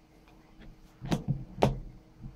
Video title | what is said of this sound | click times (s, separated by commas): Elsse Folio Case w/Stand for the Surface RT - Review | snaps right into place and there you go | 1.6 s